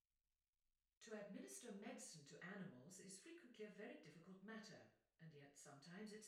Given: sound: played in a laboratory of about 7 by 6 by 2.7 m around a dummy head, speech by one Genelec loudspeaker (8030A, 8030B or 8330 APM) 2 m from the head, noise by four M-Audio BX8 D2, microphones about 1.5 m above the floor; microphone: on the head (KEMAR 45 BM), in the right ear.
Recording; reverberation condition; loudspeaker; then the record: female speech in English; medium; 150 degrees to the left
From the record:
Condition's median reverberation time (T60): about 510 ms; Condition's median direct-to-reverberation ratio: about -0.5 dB